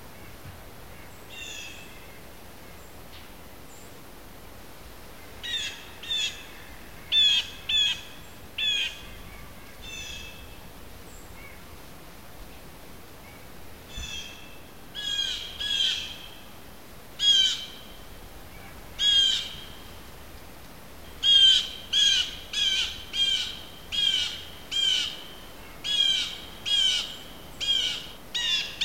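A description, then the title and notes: Blue jays call across quiet woodland, their harsh, raspy cries coming in short bursts. After a few faint calls early on, the jays grow louder and more frequent, ending in a rapid run of repeated squawks. A soft, steady hiss fills the background. Down from the forested hill, near the pond, the sound of blue jays fill the autumn air. Their raucous morning routine juxtaposed against the quiet woodlands.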